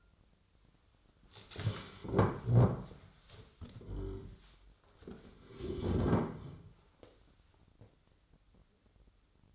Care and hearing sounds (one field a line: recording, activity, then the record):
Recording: daily activity, microphone in the room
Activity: stand up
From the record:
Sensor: 3